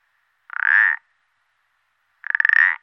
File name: pelodyte ponctuee